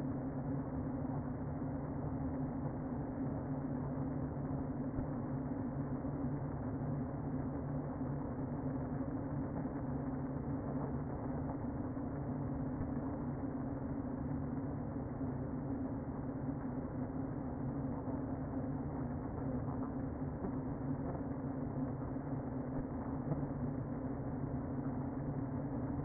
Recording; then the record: honeybee colony, microphone inside the hive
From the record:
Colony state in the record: queen present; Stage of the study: before two queens were removed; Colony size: about 60,000 bees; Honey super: yes